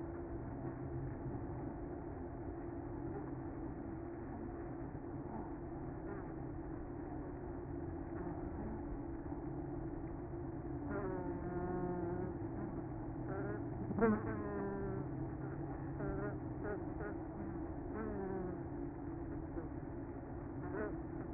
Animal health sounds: honeybee colony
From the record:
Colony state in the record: active

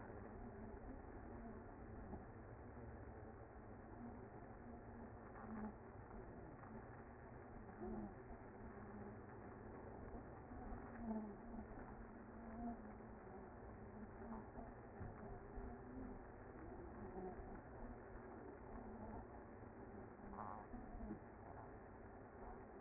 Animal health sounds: honeybee colony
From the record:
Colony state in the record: active

